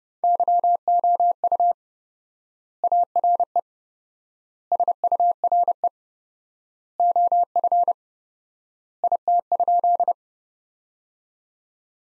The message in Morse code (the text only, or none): YOU ARE SURE OF IT?